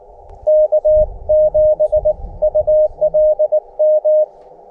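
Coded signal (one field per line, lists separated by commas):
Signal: Morse code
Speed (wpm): 19 wpm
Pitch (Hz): 610 Hz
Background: none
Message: K7ULM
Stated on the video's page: Morse from a Summits on the Air hike activation with amateur radios, working other stations, some of them on summits.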